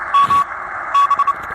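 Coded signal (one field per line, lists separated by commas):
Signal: Morse code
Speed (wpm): 28 wpm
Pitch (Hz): 1120 Hz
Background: none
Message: M B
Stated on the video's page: QRPp CW contact on 14.023 MHz using a small kit transceiver of about 0.5 watts over a 1150 km path.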